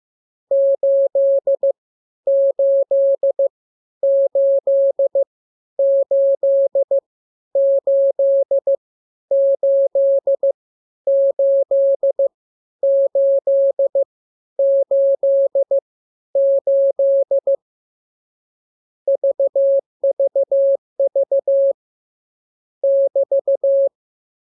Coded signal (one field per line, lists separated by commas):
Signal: Morse code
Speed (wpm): 15 wpm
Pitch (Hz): 550 Hz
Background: none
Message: 8 8 8 8 8 8 8 8 8 8 VVV <BT>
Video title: Learning Morse Code. Lesson 30. Letter KMURESNAPTLWI.JZ=FOY,VG5/Q92H38